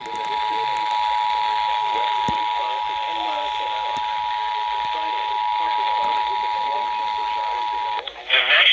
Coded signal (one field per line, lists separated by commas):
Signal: Emergency Alert System (SAME) tones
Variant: 853 and 960 Hz attention tone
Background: speech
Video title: ILN SVR Over WIHO FM (EAS 400!!!)